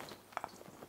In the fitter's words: und dann musste einmal feste drauf gedrückt werden dass das einrastet